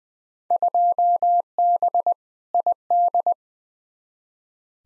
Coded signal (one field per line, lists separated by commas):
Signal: Morse code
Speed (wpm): 20 wpm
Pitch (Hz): 700 Hz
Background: none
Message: 2B ID